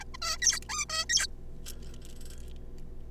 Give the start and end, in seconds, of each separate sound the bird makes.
0.01-0.04, 0.14-0.17, 0.22-0.38, 0.42-0.59, 0.69-0.85, 0.90-1.05, 1.09-1.27